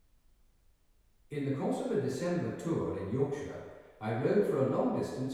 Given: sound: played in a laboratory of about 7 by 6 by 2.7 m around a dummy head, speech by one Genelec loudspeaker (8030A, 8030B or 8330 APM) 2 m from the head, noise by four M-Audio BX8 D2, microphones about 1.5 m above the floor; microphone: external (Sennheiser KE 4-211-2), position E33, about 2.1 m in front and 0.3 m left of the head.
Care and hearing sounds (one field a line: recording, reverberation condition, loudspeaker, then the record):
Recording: male speech in English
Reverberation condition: high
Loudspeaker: 150 degrees to the right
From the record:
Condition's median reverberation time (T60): about 1300 ms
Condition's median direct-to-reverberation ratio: about -4.0 dB